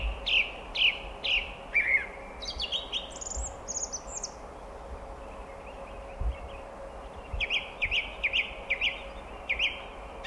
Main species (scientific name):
Turdus philomelos